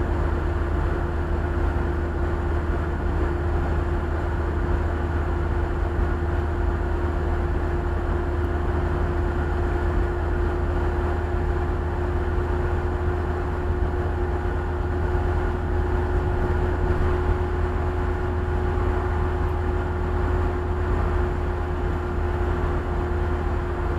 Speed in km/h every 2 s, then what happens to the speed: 75, 75, 74, 75, 76, 76, 76, 77, 78, 79, 78, 78.
0-24 steady at about 76.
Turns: none.